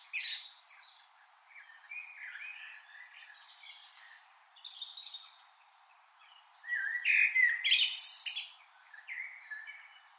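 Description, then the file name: Common blackbird song: soft warbled phrases, then one louder warbling phrase with a squeaky high ending, followed by quieter notes. "Turdus merula"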